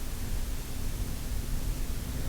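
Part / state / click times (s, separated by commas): roof rack component into its bottom mount / not seated / none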